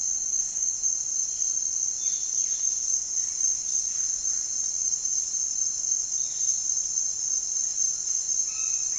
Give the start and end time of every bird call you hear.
[1.82, 2.73] bird call
[8.44, 8.98] bird call

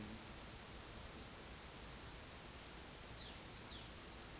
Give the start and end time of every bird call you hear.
[2.02, 4.40] bird call

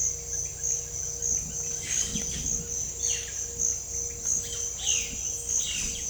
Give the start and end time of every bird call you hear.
[1.76, 2.39] bird call
[2.96, 3.45] bird call
[4.41, 6.09] bird call

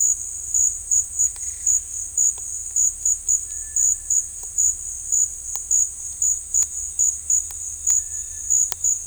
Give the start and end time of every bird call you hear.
[1.25, 1.65] bird call
[3.44, 4.27] bird call
[7.95, 8.56] bird call

